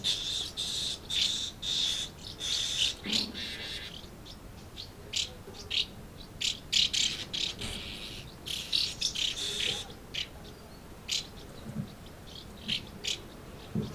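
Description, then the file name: Swallows chattering, with bursts of dense twittering and sharp chirps. Several swallows, Amblagnieu, 2 July 2017, recorded with an MZ-N710 recorder. "MZ-N 710 Hirondelles Amblagnieu 2 07 17"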